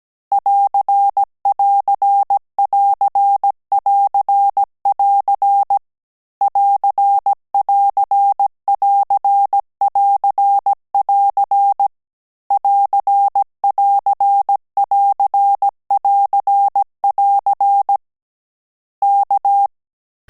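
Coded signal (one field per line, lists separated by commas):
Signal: Morse code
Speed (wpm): 17 wpm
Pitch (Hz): 800 Hz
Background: none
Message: <AR><AR><AR><AR><AR> <AR><AR><AR><AR><AR> <AR><AR><AR><AR><AR> K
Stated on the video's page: Morse code course final lesson on AR and AS characters, with mixed-character transmissions.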